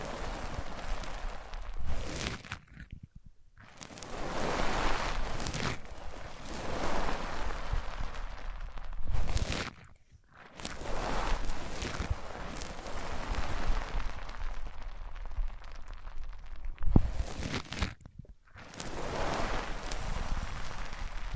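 Microphones are rubbed across different surfaces in long, dense, scraping strokes that swell and fade. Short silent gaps near 3, 10 and 18 seconds split the rubbing into sections. A sharp knock lands around 17 seconds, and a low rumble runs beneath the friction.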